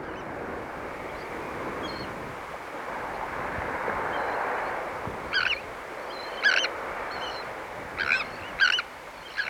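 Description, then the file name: Sandwich tern calling with harsh, rasping notes that grow louder in the second half, several in quick succession, against steady background noise. "Sandwich Tern (Thalasseus sandvicensis)"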